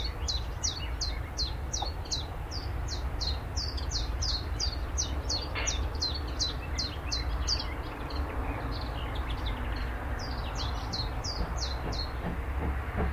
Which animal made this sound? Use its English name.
Willow Warbler